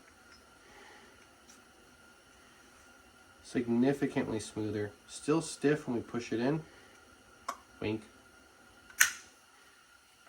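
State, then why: Seated. A cleaned part, likely the throttle slide, is pushed into the carburetor body of a 1974 Bulltaco Alpina 350, an old two-stroke motorcycle with one owner for 50 years; it is smoother now but still stiff going in. Someone talks from about 3.5 to 6.7 s, a brief tap sounds at 7.5 s, and the slide bottoms with a sharp metallic click at 9.0 s. The slide seats solidly, so it should hold and idle well.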